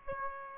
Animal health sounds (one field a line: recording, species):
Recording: mosquito wingbeat signal from an infrared sensor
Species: Aedes aegypti